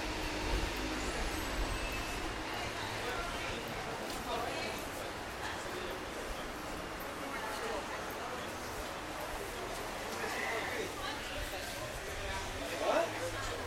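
A soundwalk in Margate: a steady, dense wash of outdoor noise with a low rumble underneath and scattered voices talking through it. A faint vehicle hum runs along, and brief louder bumps stand out near the start and just before the end.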